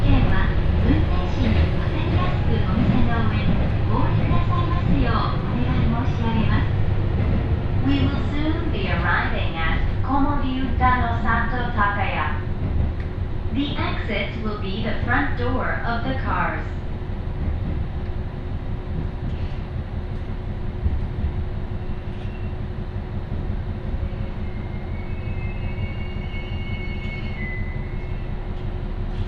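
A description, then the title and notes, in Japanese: Aboard an Ibara Railway train, a steady low rumble of the running car carries a woman's announcement in the first half, then continuous droning. 井原鉄道 道上→神辺→備中呉妹。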